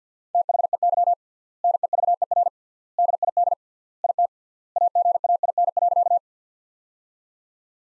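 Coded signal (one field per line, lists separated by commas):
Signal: Morse code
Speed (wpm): 50 wpm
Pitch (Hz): 700 Hz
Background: none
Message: THEY NEVER DID IT AGAIN.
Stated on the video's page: Morse practice sentences from the top 300 words at 50 wpm with 3x word spacing, a word-level analogue of Farnsworth spacing, for head-copy training.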